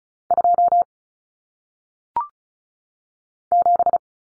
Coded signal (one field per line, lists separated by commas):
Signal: Morse code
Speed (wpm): 36 wpm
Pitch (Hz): 700 Hz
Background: none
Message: 2 7